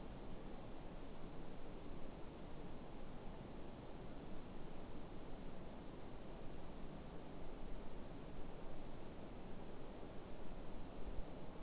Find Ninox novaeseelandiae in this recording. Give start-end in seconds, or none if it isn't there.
none